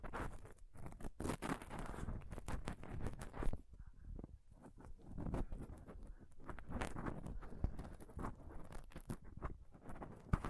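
Close-up mic scratching and touching: dense, uneven rubbing and sharp taps throughout, with a brief quieter stretch around four seconds and scattered louder knocks.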